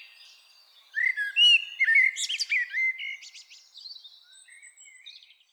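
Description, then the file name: Common blackbird giving one song phrase: clear whistled notes leading into a bright, squeaky flourish, then fainter twittering. "Turdus merula"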